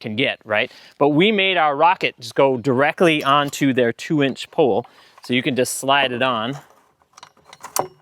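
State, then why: Seated. Someone talks while an antenna mount is slid onto the top of a 2-inch telescoping pole, with a few faint scraping ticks between 7.0 and 7.6 seconds. A sharp click at 7.8 seconds marks the mount locking into place, seated on the pole.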